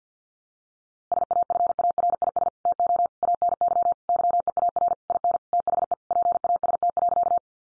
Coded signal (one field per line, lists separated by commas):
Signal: Morse code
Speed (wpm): 50 wpm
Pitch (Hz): 700 Hz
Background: none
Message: SAFARIS TO ANY YEAR IN THE PAST.